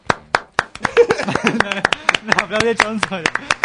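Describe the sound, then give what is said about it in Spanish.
Scattered applause, with loud, sharp, irregular claps from a few people, mixed with voices calling out and cheering over them. “Hay que festejar, un aplauso para eso.”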